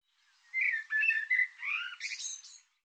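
Bird delivering a single two-second phrase of mixed slurred whistles, ending in a higher, thin buzzy flourish.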